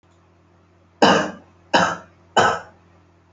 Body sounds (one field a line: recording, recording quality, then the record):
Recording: heavy voluntary cough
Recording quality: excellent, no background noise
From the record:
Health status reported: healthy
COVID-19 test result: not tested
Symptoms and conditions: none ticked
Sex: male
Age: 20 years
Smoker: not ticked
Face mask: worn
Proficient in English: yes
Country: India